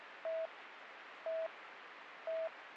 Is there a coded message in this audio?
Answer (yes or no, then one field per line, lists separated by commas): no